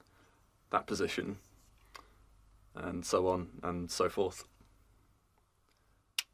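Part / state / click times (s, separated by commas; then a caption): tripod leg in its hinge angle lock / seated / 6.2 s. Someone talks while a leg of a Manfrotto BeFree tripod is moved in its hinge angle lock. A sharp click at 6.2 s marks the leg seating into the third angle position.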